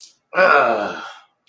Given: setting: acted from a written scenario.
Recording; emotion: vocal sound without words; contempt